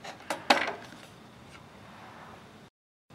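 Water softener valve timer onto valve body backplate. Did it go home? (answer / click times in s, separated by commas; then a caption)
yes / 0.5 s. A plastic electronic timer for a water softener valve is lined up on the valve body backplate and pushed until it snaps into place. A faint knock at 0.1 s and a sharper tap at 0.3 s lead into the loudest, brief crisp snap at 0.5 s, which marks the timer seating. Low background noise follows, then briefly cuts out near the end.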